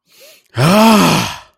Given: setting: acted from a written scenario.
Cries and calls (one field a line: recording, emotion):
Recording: vocal sound without words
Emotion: anger